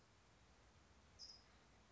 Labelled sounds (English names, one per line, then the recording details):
California Towhee
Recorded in Sonoma County, California